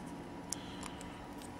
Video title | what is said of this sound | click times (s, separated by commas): Delphi Connector pn 84 GM LS1 Coil Pack Connector | then go ahead and press down a little bit to hear it click pull | 0.5 s